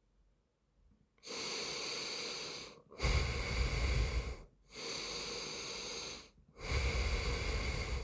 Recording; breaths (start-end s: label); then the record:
nose breathing near a microphone
0.81-2.66 s: inhalation
2.66-4.31 s: exhalation
4.31-6.26 s: inhalation
6.26-8.04 s: exhalation
From the record:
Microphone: phone